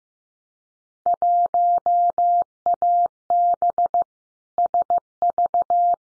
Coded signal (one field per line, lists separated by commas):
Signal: Morse code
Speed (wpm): 15 wpm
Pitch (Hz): 700 Hz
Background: none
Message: 1AB SV